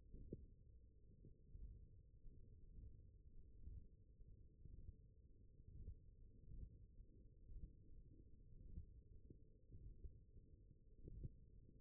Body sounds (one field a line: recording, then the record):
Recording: forearm muscle sounds (acoustic myography)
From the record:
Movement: radial deviation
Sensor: system 1, eight BSWA MPA416 microphones around the upper forearm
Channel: 5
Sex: male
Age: 21 years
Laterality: right